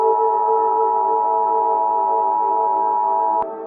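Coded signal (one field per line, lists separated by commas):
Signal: Emergency Alert System (SAME) tones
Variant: 853 and 960 Hz attention tone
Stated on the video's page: Simulated EAS scenario, a fictional alert.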